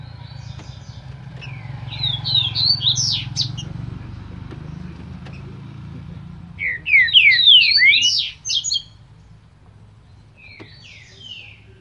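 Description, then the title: Green-winged saltator repeating dense phrases of tumbling whistled notes, with a low engine-like rumble beneath the first half. Singing bird of breeder Cléber; song labelled as voice type 07. "Canto De Trinca Ferro Voz 07. TRINCA FERRO CANTADOR CRIADOR CLÉBER"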